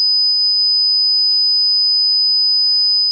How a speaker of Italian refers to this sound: O un suono acuto, pensate a un fischio, pensate al bollitore di casa vostra al mattino.